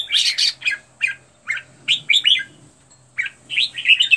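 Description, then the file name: Red-whiskered bulbul giving loud chirped notes, then separate bright upslurred phrases with short pauses between them. Training song for teaching birds to sing, with 15 standard song styles. "tieng-luyen-giong-chao-mao-hot-15-giong-chuan"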